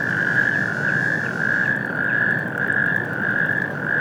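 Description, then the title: Natterjack toads calling in chorus, overlapping rattling trills merging into a steady, slightly pulsing drone, over a low background rumble. Calling on an industrial wasteland at Stockstadt am Main, heard from the Main riverbank at Mainaschaff, Germany, on a warm spring night shortly before 22:00; mid-side stereo recording, MixPre 6ii recorder. "Mainufer, Mainaschaff, Deutschland. Kreuzkröten - Kreuzkröten auf der Industriebrache Stockstadt Kai 6"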